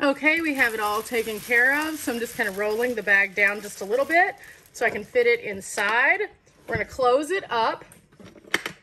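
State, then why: Seated. The latching lid of a Road Pro 12 V portable travel slow cooker is closed while someone talks, and a sharp click is heard at 8.5 s as the latch engages and locks the lid into place.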